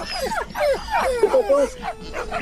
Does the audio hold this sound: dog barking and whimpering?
yes